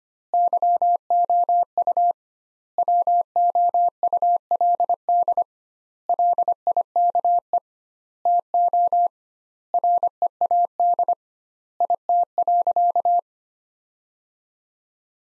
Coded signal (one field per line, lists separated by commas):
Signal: Morse code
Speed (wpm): 25 wpm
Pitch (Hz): 700 Hz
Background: none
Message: YOU WOULD LIKE TO READ IT.